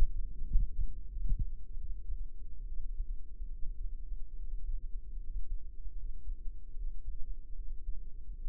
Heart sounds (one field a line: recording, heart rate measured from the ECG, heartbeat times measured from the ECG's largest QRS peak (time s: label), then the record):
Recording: heart sounds by microphone in the right ear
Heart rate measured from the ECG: 76 bpm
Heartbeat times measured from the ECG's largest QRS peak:
0.45 s: heartbeat
1.07 s: heartbeat
1.77 s: heartbeat
2.65 s: heartbeat
3.49 s: heartbeat
4.34 s: heartbeat
5.18 s: heartbeat
5.94 s: heartbeat
6.73 s: heartbeat
7.53 s: heartbeat
8.35 s: heartbeat
From the record:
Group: healthy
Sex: female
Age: 26 years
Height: 165 cm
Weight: 55 kg